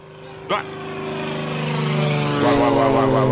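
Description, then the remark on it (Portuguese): A propeller airplane drones with steady low engine tones that swell louder and shift pitch as it comes in to land, with a brief sharp knock early on. “Vai, quem tá vindo aqui participar do programa aqui pelo avião? Aterrissou.”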